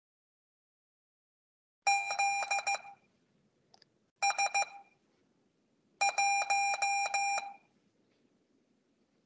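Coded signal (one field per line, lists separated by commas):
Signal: Morse code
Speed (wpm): 15 wpm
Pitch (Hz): 2400 Hz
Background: none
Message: ZS1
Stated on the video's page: Morse code practice session held weekly over Skype.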